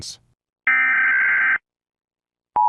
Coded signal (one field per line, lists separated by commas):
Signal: Emergency Alert System (SAME) tones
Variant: header bursts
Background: speech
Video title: End of the World - an EAS Scenario